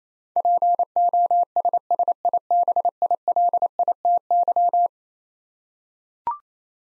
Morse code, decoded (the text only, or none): POSSIBILITY